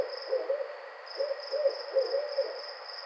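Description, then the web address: Barred owl giving a few soft, short hoots in quick clusters over a constant high-pitched insect drone. Recorded on 28 May 2009. "Barred Owl 2009 05 28 Barred Owl 01"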